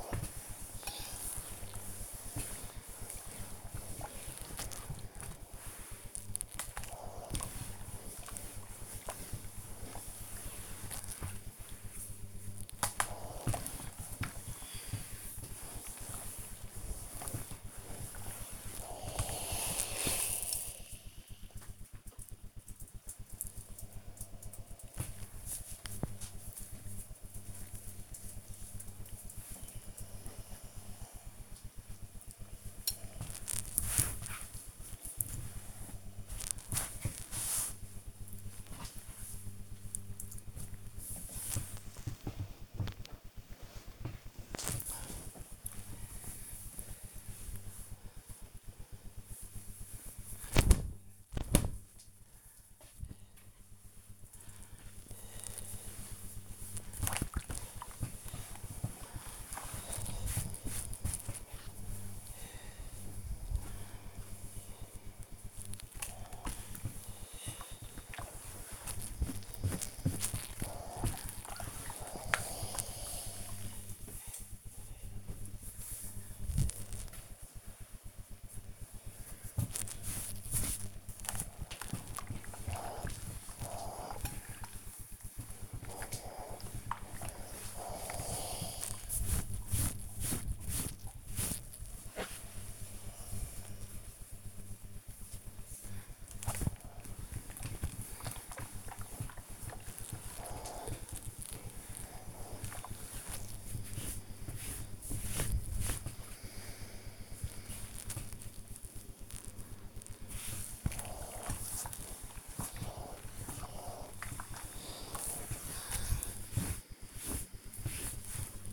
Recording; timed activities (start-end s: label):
household activities, microphone on the right wrist
0.00-20.00 s: ironing laundry
25.03-43.15 s: folding laundry
48.20-118.73 s: ironing laundry